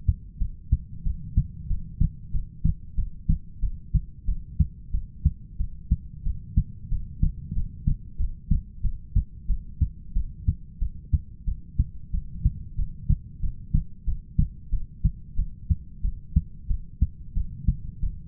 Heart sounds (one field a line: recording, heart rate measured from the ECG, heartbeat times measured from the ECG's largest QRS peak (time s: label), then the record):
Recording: heart sounds by stethoscope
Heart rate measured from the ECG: 92 bpm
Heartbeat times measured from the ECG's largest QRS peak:
0.40 s: heartbeat
1.05 s: heartbeat
1.69 s: heartbeat
2.33 s: heartbeat
2.96 s: heartbeat
3.61 s: heartbeat
4.27 s: heartbeat
4.92 s: heartbeat
5.58 s: heartbeat
6.25 s: heartbeat
6.90 s: heartbeat
7.55 s: heartbeat
8.18 s: heartbeat
8.83 s: heartbeat
9.48 s: heartbeat
10.15 s: heartbeat
10.80 s: heartbeat
11.46 s: heartbeat
12.12 s: heartbeat
12.77 s: heartbeat
13.42 s: heartbeat
14.06 s: heartbeat
14.71 s: heartbeat
15.37 s: heartbeat
16.03 s: heartbeat
16.69 s: heartbeat
17.35 s: heartbeat
18.01 s: heartbeat
From the record:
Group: heart failure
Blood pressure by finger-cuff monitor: 107/70 mmHg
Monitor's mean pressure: 83 mmHg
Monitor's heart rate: 93 bpm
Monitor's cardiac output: 7.7 L/min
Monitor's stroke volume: 83 mL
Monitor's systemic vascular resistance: 800 dyn s/cm5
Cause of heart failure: ischemic heart disease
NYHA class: 1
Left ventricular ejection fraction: 38%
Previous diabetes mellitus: present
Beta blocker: bisoprolol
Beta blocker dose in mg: 15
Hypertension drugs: sacubitril-valsartan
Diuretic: furosemide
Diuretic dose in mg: 20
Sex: male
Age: 33 years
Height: 172 cm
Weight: 78.5 kg